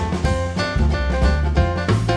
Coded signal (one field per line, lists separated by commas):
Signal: none